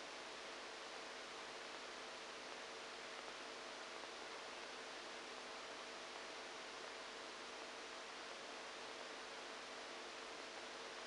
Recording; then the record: brain microelectrode recording played as sound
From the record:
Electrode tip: outside the subthalamic nucleus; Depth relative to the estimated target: -6 mm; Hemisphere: right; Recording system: NeuroSet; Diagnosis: Parkinson's disease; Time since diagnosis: 14 years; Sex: male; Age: 51 years